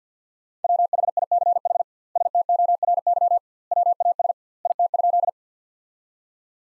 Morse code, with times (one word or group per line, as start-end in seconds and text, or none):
0.6-1.8 WHICH
2.2-3.4 STORY
3.7-4.3 WAS
4.7-5.3 IT?